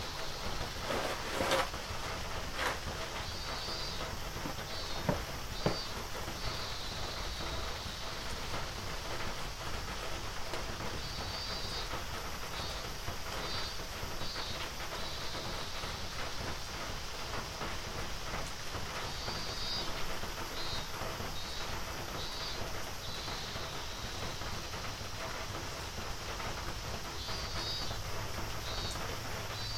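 Carrot seeds are being knocked loose under the eaves on a rainy evening before a typhoon. Steady, dense rain hiss fills the whole clip, dotted with constant small crackles and taps, with a couple of sharper knocks around five to six seconds.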